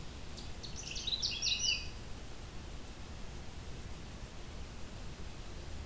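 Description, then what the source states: Canada warbler song: one fast, jumbled burst of high chattering notes, then only steady hiss. On territory in late June, in a swamp with aspen, birch, cedars and low growing trees.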